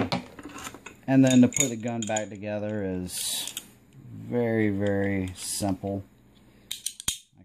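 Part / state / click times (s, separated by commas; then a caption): recoil spring assembly into pistol barrel underside / seated / 7.1 s. Someone talks while reassembling a Ruger P95 pistol, fitting the recoil spring and guide rod assembly against the underside of the barrel hood. A few light metallic handling clicks lead up to a sharp metallic click at 7.1 s as the assembly locks into place on the barrel.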